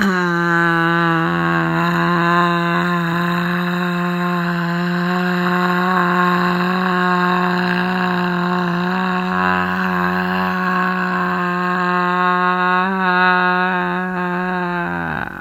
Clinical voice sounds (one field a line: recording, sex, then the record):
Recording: sustained vowel /a/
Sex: female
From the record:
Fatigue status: no fatigue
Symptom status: symptomatic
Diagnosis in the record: COVID-19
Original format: m4a